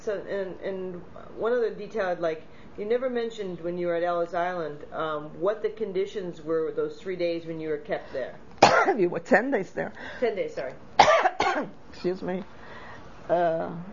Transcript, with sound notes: So, and what other details, like you never mentioned when you were at Ellis Island, what the conditions were those three days when you were kept there.
We were ten days there.
Ten days, sorry.
( she coughs ) Excuse me. Uh,